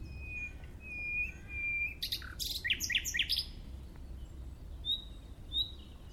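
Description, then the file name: Common nightingale song: long pure whistled notes, then a burst of harsh, rattling and clicking phrases, ending with thin high whistles; low steady background rumble. "Luscinia megarhynchos"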